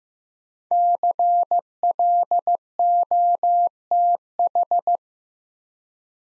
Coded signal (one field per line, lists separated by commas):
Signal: Morse code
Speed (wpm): 15 wpm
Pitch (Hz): 700 Hz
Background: none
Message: CLOTH